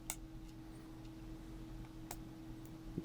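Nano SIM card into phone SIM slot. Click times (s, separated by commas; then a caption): 2.1 s. A nano SIM card is slid back into a phone's push-push SIM slot until it locks. A faint tick comes at 0.1 s, then a sharp click at 2.1 s as the card seats, over a steady low hum. The card is seated and locked in the slot.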